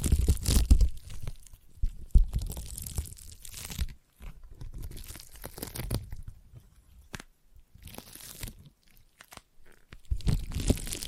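Sticky tapping and peeling sounds, a dense crackling texture with rapid small pops and tearing bursts. The loudest burst opens the clip and another returns near the end, with short silent gaps around four and seven seconds breaking the steady crinkle.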